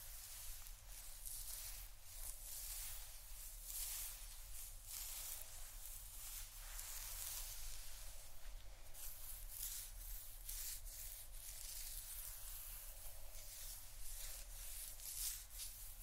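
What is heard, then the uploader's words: Hair is brushed during a head massage, a soft, dense hiss of bristles made of repeated bright strokes about once or twice a second. The level stays even throughout, with a faint low steady hum underneath. ASMR Real Hair Brushing & Head Massage （No Talking）.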